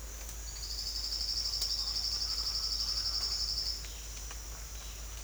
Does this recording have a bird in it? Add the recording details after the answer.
yes. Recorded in secondary vegetation near Puerto Asís, Putumayo, Colombia, on 22 December 2024 at 07:30. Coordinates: 0.484, -76.319. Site GP06